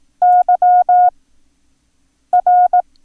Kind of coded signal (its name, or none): Morse code